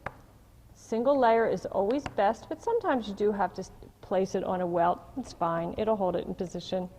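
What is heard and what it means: A magnet is set down on a fabric garment laid over the metal frame of a magnetic embroidery hoop and clamps it with one sharp snap at 0.1 s, seating it in place. After the snap, a woman talks for the rest of the clip.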